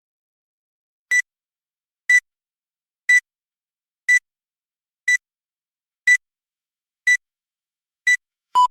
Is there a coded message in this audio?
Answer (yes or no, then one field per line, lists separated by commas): no